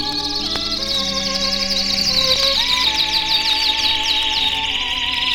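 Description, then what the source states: Domestic canaries singing together in rapid high rolling trills and chops, over steady sustained organ-like musical tones lower down. A group of old-timer canaries from a radio canary chorus, perched close together, singing in harmony.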